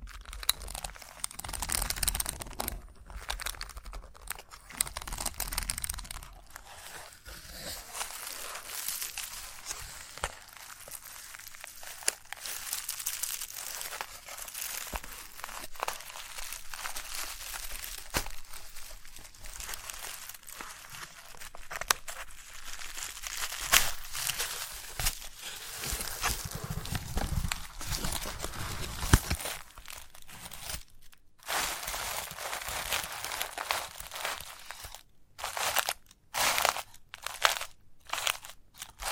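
Chalk being scratched, tapped and carved, with dense, gritty scraping that fills most of the recording. The rasping comes in irregular bursts and strokes, brighter and harsher in places, with short silent gaps and sharper isolated scrapes near the end.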